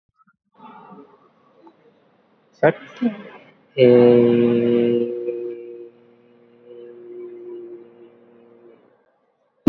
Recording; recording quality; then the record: sustained vowel as in made; excellent, no background noise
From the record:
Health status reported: COVID-19 positive, moderate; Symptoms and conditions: sore throat, fever, fatigue, muscle pain, loss of smell and taste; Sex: male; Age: 25 years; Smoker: not ticked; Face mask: not worn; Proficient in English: no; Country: India